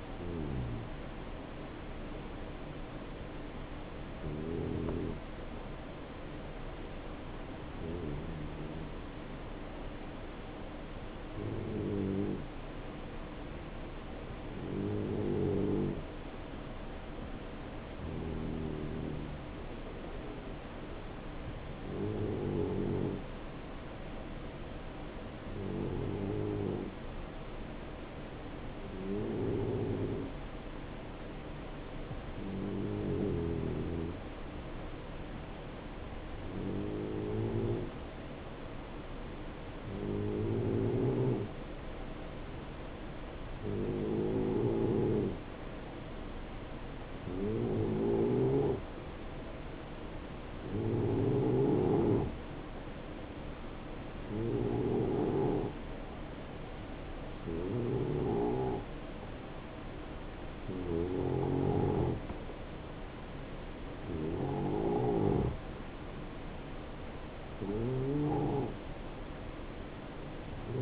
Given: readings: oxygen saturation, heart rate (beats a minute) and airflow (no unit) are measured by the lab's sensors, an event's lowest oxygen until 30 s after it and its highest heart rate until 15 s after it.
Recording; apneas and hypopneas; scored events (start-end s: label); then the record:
breathing in sleep by a voice recorder at the bedside; 1
12.00-39.20 s: hypopnea (N2, oxygen 91% highest, then 88% lowest, heart rate 68 at the start, 72 highest)
From the record:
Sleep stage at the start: N2 (light sleep); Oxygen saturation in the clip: 88 to 91%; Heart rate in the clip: 65 to 72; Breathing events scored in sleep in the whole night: 277 in 7.4 hours asleep